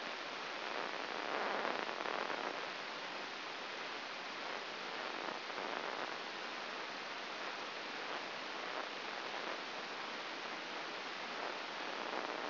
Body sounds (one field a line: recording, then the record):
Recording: brain microelectrode recording played as sound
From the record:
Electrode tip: inside the subthalamic nucleus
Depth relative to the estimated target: -2 mm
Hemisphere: left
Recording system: AlphaMap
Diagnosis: Parkinson's disease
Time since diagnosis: 9 years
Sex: female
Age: 40 years